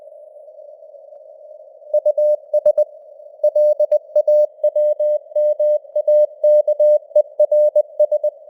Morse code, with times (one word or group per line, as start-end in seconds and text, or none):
1.9-2.8 US
3.4-8.3 LAWMAKERS